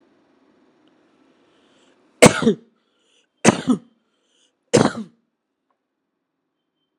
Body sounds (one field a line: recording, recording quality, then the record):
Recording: heavy voluntary cough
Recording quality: excellent, no background noise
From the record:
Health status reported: COVID-19 positive, mild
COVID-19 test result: positive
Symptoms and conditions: muscle pain, loss of smell and taste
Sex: male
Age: 34 years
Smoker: not ticked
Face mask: not worn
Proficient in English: yes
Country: India